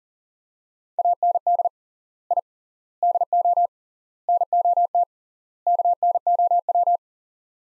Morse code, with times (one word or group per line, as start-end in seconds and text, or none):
1.0-1.7 AND
2.3-2.4 I
3.0-3.7 DO
4.3-5.0 NOT
5.7-7.0 KNOW